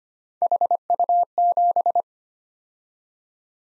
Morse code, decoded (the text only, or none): HU7